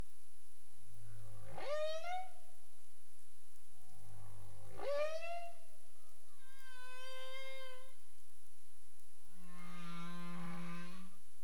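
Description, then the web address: Humpback whale calls: a low rumbling grunt rising into a swooping upsweep, repeated, then tonal moans with rich harmonics and a final buzzy low moan, over faint underwater hiss. Recorded in the Caribbean, 27 April 2035, 22:29 UTC. "CARIMAM. humpback whale 20350427 222931 UTC"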